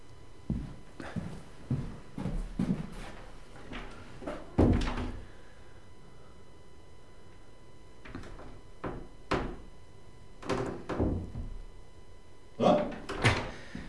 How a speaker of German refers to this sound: Sie sind ins Zimmer gekommen. Ja, gratuliere. Und woran haben Sie das gehört? Die Tür hat geknarrt.